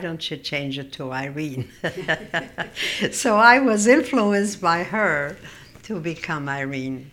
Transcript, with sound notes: Why don't you change it to Irene?". (they laugh) So I was influenced by her to become Irene.